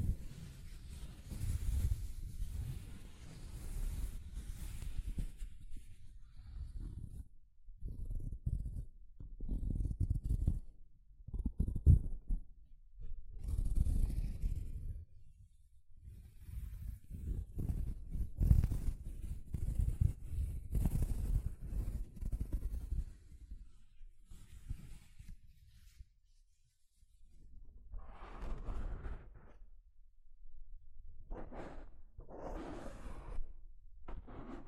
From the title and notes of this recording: ASMR Mic Brushing using Soft Fabric (No Talking).